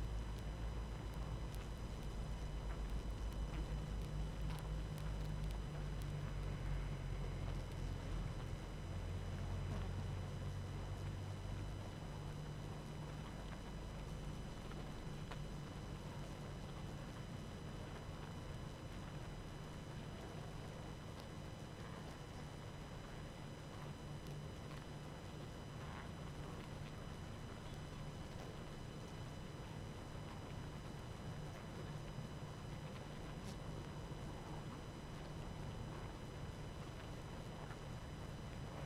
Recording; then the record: honeybee colony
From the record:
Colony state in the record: active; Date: 12 June 2018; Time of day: 19:34